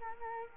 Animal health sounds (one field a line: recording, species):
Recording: mosquito wingbeat signal from an infrared sensor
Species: Culex quinquefasciatus